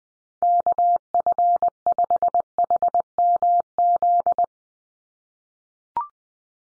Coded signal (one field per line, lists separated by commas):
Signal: Morse code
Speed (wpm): 20 wpm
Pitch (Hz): 700 Hz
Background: none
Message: KF5HMZ